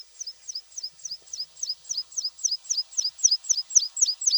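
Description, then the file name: Meadow pipit giving steady high chipping notes, each a quick downslur followed by a short upturn, repeated roughly four times per second over faint background hiss. "Konek lugovoj"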